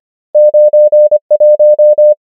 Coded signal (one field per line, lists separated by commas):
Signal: Morse code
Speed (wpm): 25 wpm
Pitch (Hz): 600 Hz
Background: none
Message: 9 1